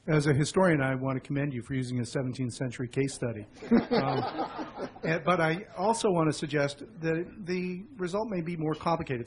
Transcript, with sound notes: As a historian I want to commend you for using a 17th Century case study. (Laughter) But I also want to suggest that the result may be more complicated.